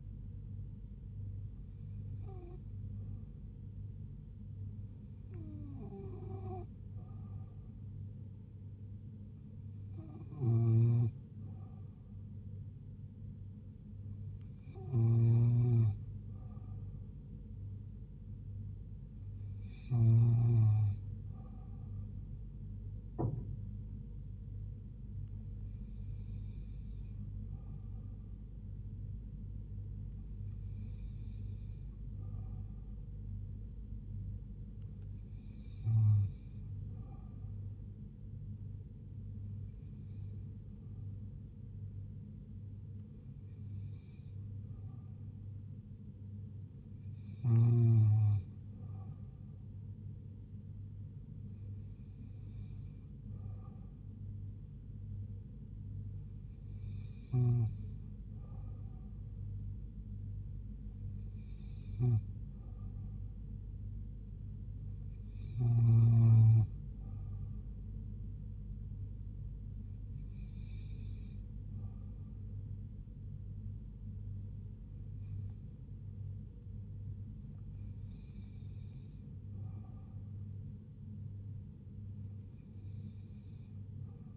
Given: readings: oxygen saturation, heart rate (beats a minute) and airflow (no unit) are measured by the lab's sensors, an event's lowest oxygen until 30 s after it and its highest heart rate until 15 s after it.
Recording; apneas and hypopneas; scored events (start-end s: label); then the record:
breathing in sleep by a smartphone at the bedside; none
none scored
From the record:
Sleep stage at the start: N2 (light sleep); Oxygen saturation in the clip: 87 to 88%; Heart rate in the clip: 70 to 78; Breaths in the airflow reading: 19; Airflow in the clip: -3.1 to 2.1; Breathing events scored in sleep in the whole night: 158 in 7.3 hours asleep